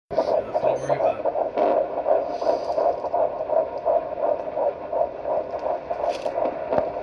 Heart beat.